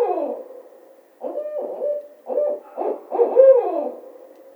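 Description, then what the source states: Barred owl giving a run of low, throaty hoots with rising and falling inflections, bursts clustered together after a short pause. Recorded 15 April 2010.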